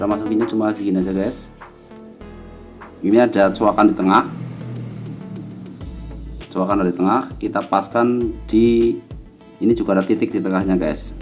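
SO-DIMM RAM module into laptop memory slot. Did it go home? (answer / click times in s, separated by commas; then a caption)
no / none. A SO-DIMM RAM module is held and lined up with its centre notch matching the key in the memory slot of an Asus A456U laptop, being upgraded to 12 GB, before it is pushed in and pressed down. Someone talks over background music, with a few short handling knocks around 2.2, 5.8 and 6.4 seconds. Nothing has seated or clicked yet.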